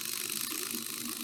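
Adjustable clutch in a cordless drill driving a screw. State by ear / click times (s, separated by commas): torque reached / 0.1 s, 0.3 s, 0.7 s, 0.9 s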